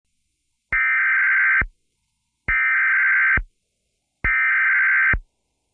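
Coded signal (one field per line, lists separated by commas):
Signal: Emergency Alert System (SAME) tones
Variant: header bursts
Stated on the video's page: Fake mock EAS Tornado Emergency, not a real alert.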